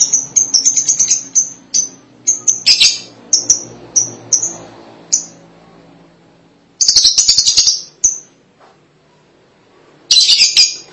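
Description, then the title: Lovebird calls: repeated shrill chirps, then two separate bursts of dense, rasping chatter with quiet spells between. "BM Suara Burung Lovebird"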